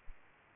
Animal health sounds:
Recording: mosquito wingbeat signal from an infrared sensor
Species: Aedes aegypti

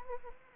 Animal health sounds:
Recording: mosquito wingbeat signal from an infrared sensor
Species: Anopheles arabiensis

